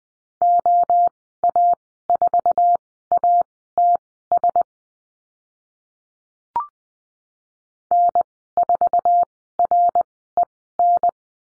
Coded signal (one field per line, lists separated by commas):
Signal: Morse code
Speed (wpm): 20 wpm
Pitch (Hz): 700 Hz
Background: none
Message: OA4ATS N4REN